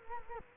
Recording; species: mosquito wingbeat signal from an infrared sensor; Culex quinquefasciatus